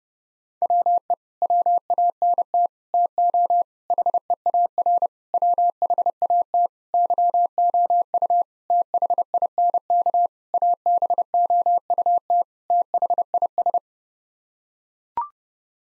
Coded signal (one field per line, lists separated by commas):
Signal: Morse code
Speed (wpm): 30 wpm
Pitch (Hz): 700 Hz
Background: none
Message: WE WANT TO HEAR WHAT YOU THINK ABOUT THIS